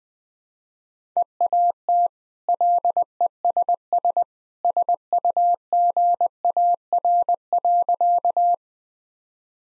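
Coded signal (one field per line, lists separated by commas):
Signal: Morse code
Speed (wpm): 20 wpm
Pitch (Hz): 700 Hz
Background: none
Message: EAT LESS SUGAR.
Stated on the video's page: Morse practice sentences at 20 wpm with contextual hints, part of a copying practice series.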